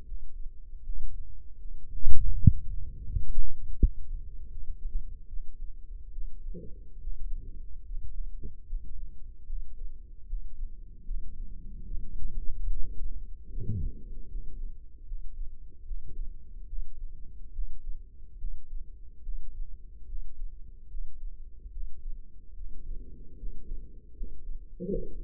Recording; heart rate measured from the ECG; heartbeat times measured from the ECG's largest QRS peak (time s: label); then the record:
heart sounds by microphone in the left ear; 75 bpm
0.04 s: heartbeat
0.82 s: heartbeat
1.58 s: heartbeat
2.32 s: heartbeat
3.07 s: heartbeat
3.78 s: heartbeat
4.50 s: heartbeat
5.27 s: heartbeat
6.11 s: heartbeat
6.99 s: heartbeat
7.83 s: heartbeat
8.65 s: heartbeat
9.45 s: heartbeat
10.26 s: heartbeat
11.04 s: heartbeat
11.85 s: heartbeat
12.65 s: heartbeat
13.48 s: heartbeat
14.27 s: heartbeat
15.04 s: heartbeat
15.84 s: heartbeat
16.66 s: heartbeat
17.51 s: heartbeat
18.37 s: heartbeat
19.22 s: heartbeat
20.06 s: heartbeat
20.88 s: heartbeat
21.70 s: heartbeat
22.54 s: heartbeat
23.35 s: heartbeat
24.13 s: heartbeat
24.88 s: heartbeat
From the record:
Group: healthy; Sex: male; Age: 35 years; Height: 178 cm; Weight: 64 kg